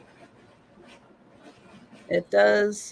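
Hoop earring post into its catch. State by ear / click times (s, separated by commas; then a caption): not seated / none. Someone lines up the metal post of a hoop earring with its catch before pushing it home. Faint handling noise sits under quiet background, then someone talks more loudly from about 2.1 s to the end. Nothing has seated or clicked yet.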